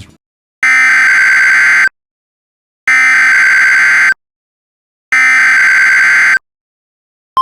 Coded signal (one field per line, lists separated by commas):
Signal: Emergency Alert System (SAME) tones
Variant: header bursts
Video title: West Coast False Alarm — An EAS Scenario